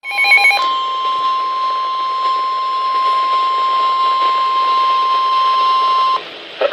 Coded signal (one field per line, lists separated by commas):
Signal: Emergency Alert System (SAME) tones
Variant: 1050 Hz attention tone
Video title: Severe Thunderstorm Warning (EAS #20)